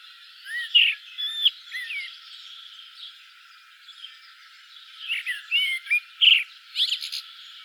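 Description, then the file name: Common blackbird song: two groups of curving whistled notes with high strained twitters, a quiet gap between them. "Turdus merula"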